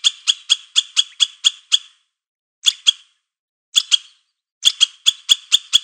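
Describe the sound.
Squirrel giving rasping chatter notes, first a quick string of eight, then two pairs after gaps, closing with a series of six harsh notes.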